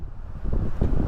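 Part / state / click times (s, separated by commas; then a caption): aluminium pannier box latch on motorcycle luggage rack / released / 0.8 s. With the key turned, the mounting latch of an aluminium pannier box on a Yamaha Tenere 700 Rally's luggage rack is pulled outward, and a short click sounds at 0.8 s over low, rumbling wind-like noise. The green indicator clips turn red, showing the box is released and unlocked from its rack.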